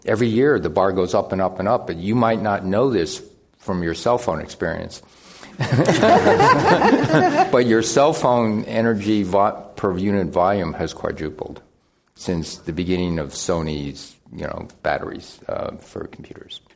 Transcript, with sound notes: Every year the bar goes up and up and up and you might not know this from your cell phone experience.
[Laughter]
But your cell phone energy per unit volume has quadrupled since the beginning of Sony’s, you know, batteries for computers.